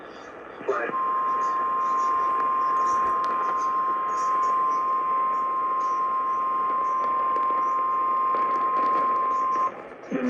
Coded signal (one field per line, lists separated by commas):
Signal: Emergency Alert System (SAME) tones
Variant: 1050 Hz attention tone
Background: speech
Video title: 🚫ne Missing Station… (EAS Alerts from 1/9/23) (EAS #697-721)